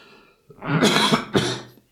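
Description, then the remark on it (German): A person clears their throat in two rough, raspy bursts, the first longer and grinding, the second a short harsh push, fairly loud with no talking. “Ich muss mich schon wieder räuspern.”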